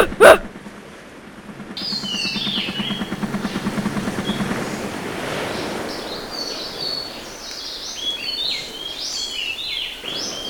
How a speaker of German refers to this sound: Der Helikopter ist bereit